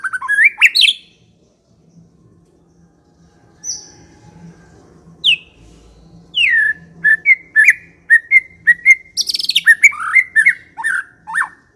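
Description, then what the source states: White-rumped shama song: scattered whistled notes and pauses, then a steady series of repeated clear whistles and rich slurred phrases, faint low hum behind. Long-duration song used as a lure (pikat) for attracting birds.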